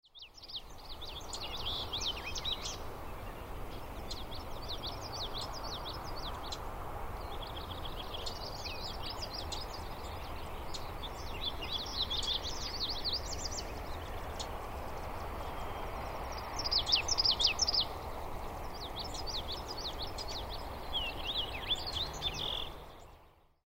Two Common yellowthroats sing. Common yellowthroats are small warblers with yellow throats and black mask like feathers around their eyes.